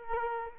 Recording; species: mosquito wingbeat signal from an infrared sensor; Culex quinquefasciatus